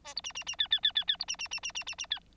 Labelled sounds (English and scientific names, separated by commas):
Bengalese Finch (Lonchura striata domestica) song